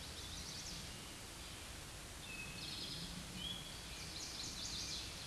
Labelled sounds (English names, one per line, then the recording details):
Eastern Towhee song
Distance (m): 65 m
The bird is about level with the microphone
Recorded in a Pennsylvania forest on 16 May 2024 at 07:39
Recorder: AudioMoth, point MSD-2287
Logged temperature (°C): 11.2 °C
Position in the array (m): 80 m, 14 m